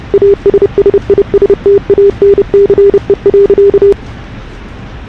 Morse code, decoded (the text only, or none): ASSISTANCE.